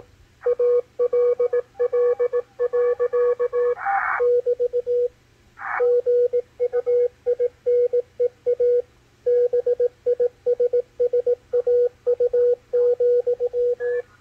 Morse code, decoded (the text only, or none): ALL. <BT> GUINEA BISSAU,